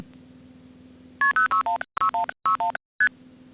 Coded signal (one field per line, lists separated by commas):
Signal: multi-frequency trunk signalling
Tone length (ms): 120 ms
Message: KP0616161ST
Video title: 15 Min Vintage Telephony Audio. Raw Progress Tones, Mechanical Relay Clicks & Legacy Carrier Bleed